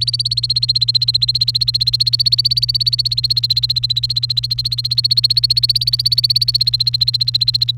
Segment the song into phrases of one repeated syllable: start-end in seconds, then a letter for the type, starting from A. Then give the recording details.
0.00-7.71 A. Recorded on 30 April 2018 at 09:23. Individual llb3